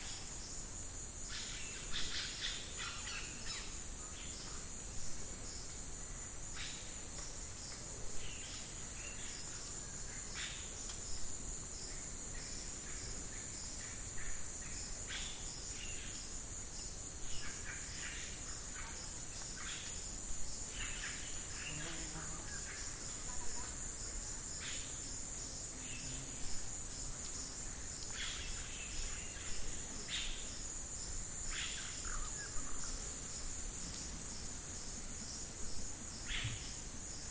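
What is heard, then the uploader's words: Night rainforest atmosphere dominated by a dense, unbroken high-pitched insect drone that holds steady throughout. Short, scattered calls, likely frogs or birds, pop out every few seconds at middle pitch, with a faint low rumble underneath. Binaural recording of Rainforest atmosphere (21:05 PM) recorded in Tambopata National Reserve, Perú.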